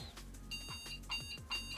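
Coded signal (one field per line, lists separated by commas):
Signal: beep code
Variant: ASUS motherboard BIOS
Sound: a longer electronic beep, then a shorter beep, then a third beep cut off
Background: clicks, room noise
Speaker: Για να δούμε. Πάλι το ίδιο.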